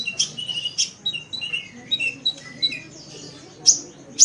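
Oriental magpie-robin song: a quick run of short whistled notes and harsh, scratchy bursts, with sharp high chips at the end; faint low hum underneath.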